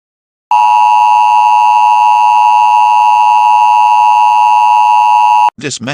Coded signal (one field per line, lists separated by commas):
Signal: Emergency Alert System (SAME) tones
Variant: 853 and 960 Hz attention tone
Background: speech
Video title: EAS Scenario - Ohio Unknown and Inexperienced Incident Situation (AFTERMATH EPILOGUE) (EP4 & EP5)